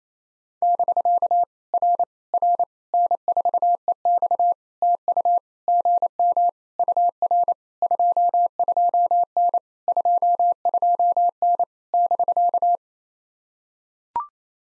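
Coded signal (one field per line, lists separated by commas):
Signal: Morse code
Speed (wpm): 25 wpm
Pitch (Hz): 700 Hz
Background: none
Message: <BK> R R N4EX TU GM UR 22N 22N <BK>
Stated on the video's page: Morse code drill at 28 wpm of POTA QSO exchanges, each sent in Morse, spoken, then sent again.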